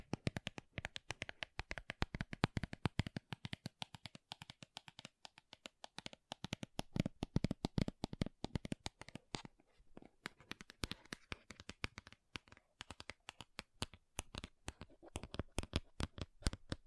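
Makeup tapping and scratching: a dense, fast run of sharp clicks and taps fills the whole stretch, uneven in rhythm and loudness. Brief scratchy rustles sit between the taps, with a short thinner patch near the five-second mark before the pace picks back up.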